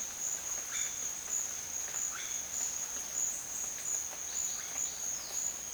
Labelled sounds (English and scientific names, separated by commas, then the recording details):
none
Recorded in dense forest near Puerto Asís, Putumayo, Colombia, on 29 June 2025 at 14:30
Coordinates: 0.484, -76.325
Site H65